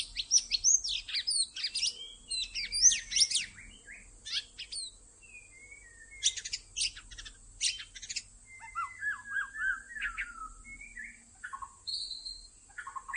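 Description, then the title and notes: White-rumped shama song, a busy string of high chips and whistles, then varied slurred phrases and brief trills, with steady high hiss throughout. Lure (pikat) recording made for attracting birds. "MB Pikat. murai batu"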